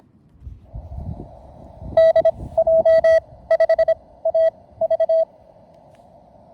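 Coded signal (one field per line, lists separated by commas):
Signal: Morse code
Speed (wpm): 22 wpm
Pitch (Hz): 650 Hz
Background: none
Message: DJ5AV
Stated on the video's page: QRP CW from a combined Summits On The Air and Parks On The Air activation, including a summit-to-summit contact.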